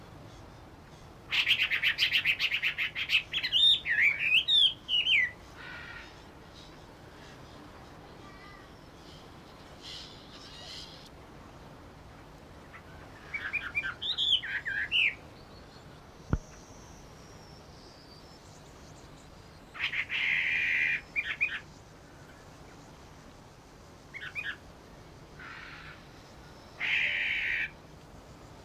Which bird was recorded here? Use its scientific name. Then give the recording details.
Garrulax canorus. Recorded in captivity. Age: adult. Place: Tierpark Berlin, Berlin, DE. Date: 1988-10-01 10:26. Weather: sunny, 10-13°C. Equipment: Sony WM-D6C, Kopie Uher. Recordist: Tembrock, Günter